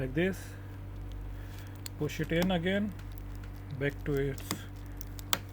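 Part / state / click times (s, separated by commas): cover edge clip into the laptop chassis / seated / 5.3 s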